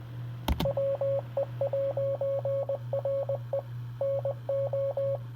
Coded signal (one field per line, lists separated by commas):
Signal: Morse code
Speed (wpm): 20 wpm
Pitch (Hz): 550 Hz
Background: radio noise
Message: WE'RE NO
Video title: Random Morse code￼